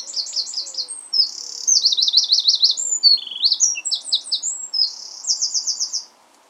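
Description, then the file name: Eurasian wren song, a long, fast run of high trills, rattles and piercing notes changing pace several times over six seconds, over faint steady background noise. "Troglodytes troglodytes"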